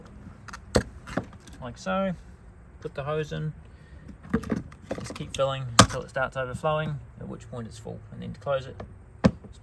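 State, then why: Seated. Someone talks while explaining how to fill the fresh water tank on a Roller Team 675 motorhome. A sharp knock is heard near 0.8 s. Then the plastic fresh water filler cap on the side of the motorhome is closed and pushed in, and it clicks shut at the bottom at about 9.3 s, seating properly.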